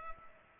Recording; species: mosquito wingbeat signal from an infrared sensor; Culex pipiens